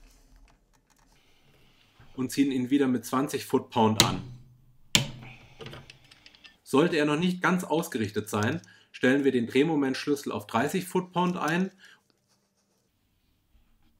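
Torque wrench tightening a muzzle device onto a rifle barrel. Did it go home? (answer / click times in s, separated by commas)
yes / 4.9 s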